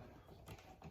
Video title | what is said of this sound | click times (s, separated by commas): Episode 52 - Audi R8 Side Mirror DIY | That just clicked back in, so we're good. | 0.8 s